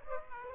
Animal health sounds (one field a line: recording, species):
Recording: mosquito wingbeat signal from an infrared sensor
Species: Aedes aegypti